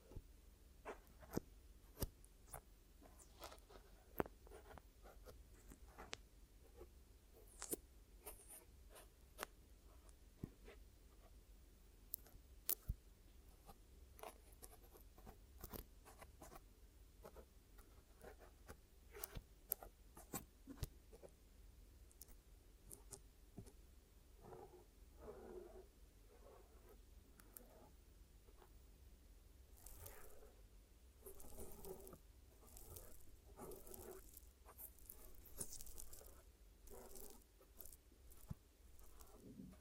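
Glue ear massage and cleaning, heard as sticky crackles, taps and brief scratchy rubs scattered through the whole recording. Past the midpoint the rubbing grows denser and brighter, with thicker bursts of crinkly friction near the end. A low, steady hum sits underneath throughout.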